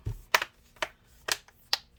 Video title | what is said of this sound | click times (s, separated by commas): HP Laptop 14-cf1015cl Disassembly RAM SSD Hard Drive Upgrade Repair LCD Screen Replacement 1 of 2 | then you just snap it all in place | 0.3 s, 0.8 s, 1.3 s, 1.7 s